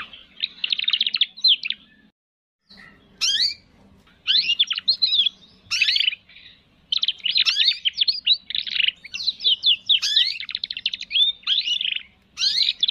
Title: Kenari Gacor Cengkok Terbaik Isian Paling Mewah